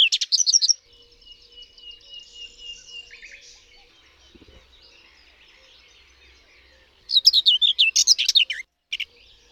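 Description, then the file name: Common whitethroat song: a short scratchy, hurried warble opens, then fainter bird notes follow, then a second rapid chattering phrase near the end. "Cierniowka"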